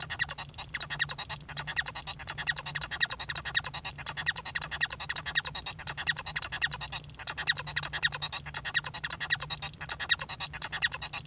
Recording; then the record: song of a male Bengalese finch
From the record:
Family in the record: son of father 1